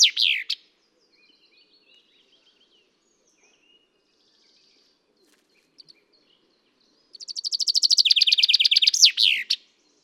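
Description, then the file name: Common chaffinch song twice: the tail end of one phrase at the start, then after a quiet gap a full trilled run of descending chirps ending in a flourish. "Fringilla coelebs"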